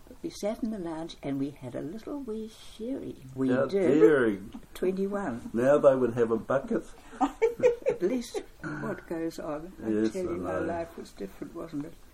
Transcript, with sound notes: But we sat in the lounge and we had a little wee sherry. We did. How daring! Twenty-one. Now they would have a bucket. [Chuckle] At least – what goes on. I tell you, my life was different, wasn’t it?